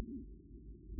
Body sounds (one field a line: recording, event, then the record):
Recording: neck accelerometer signal played as sound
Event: no cough (speech, laughter, throat clearing or background)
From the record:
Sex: male